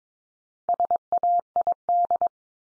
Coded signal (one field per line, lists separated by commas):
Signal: Morse code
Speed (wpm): 22 wpm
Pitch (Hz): 700 Hz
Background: none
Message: SAID